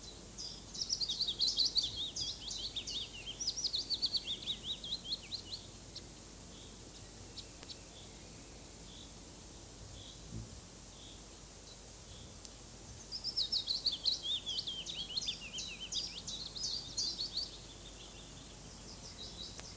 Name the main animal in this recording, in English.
Willow Warbler